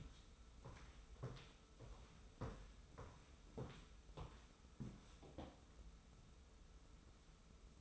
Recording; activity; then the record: daily activity, microphone in the room; walk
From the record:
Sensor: 1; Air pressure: 994.4 hPa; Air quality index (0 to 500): 219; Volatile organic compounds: 1000 ppm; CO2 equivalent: 7848 ppm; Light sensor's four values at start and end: 83/182/81/84 and 83/183/81/84